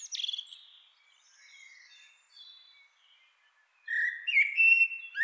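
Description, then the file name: Common blackbird song: a brief high squeaky fragment, faint scattered notes, then a louder warbled phrase climbing into sharp, high twittering at the end. "Turdus merula"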